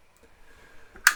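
A battery is pressed into a 3D-printed plastic battery holder on the drive assembly of a D-O droid, one holder on either side, with the holders meant to click in place but due to be made stiffer to hold better. After a quiet stretch of faint handling noise, a small sharp click comes at 1.0 s and a much louder sharp click at 1.1 s. The battery seats in the holder.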